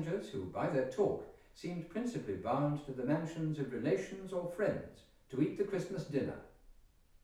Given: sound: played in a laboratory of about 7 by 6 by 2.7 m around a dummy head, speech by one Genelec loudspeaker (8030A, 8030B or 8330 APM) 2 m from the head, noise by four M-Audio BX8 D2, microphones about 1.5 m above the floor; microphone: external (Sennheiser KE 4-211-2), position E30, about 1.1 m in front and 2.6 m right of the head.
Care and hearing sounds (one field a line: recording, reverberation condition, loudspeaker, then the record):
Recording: male speech in English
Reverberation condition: medium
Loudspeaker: 150 degrees to the left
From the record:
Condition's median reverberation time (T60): about 510 ms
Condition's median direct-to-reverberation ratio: about -0.5 dB